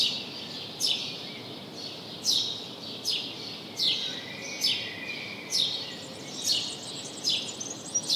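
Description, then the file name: House sparrow giving loud, clipped chirps close to one per second, over continuous hiss. "Passer domesticus"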